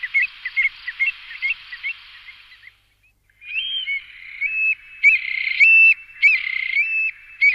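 Eurasian stone-curlew song with overlapping whistled notes, a short break, then louder, repeated wailing calls in quick succession.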